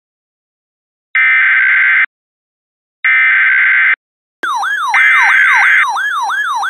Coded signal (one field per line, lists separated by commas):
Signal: Emergency Alert System (SAME) tones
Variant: header bursts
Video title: EAS mock: The Magic Dimension Tornado Outbreak